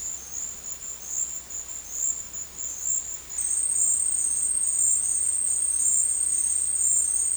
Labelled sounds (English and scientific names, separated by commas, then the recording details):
none
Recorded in dense forest near Puerto Asís, Putumayo, Colombia, on 18 February 2024 at 11:30
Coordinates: 0.484, -76.317
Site G6464